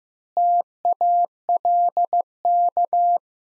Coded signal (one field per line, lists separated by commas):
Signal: Morse code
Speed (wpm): 15 wpm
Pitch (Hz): 700 Hz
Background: none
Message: TALK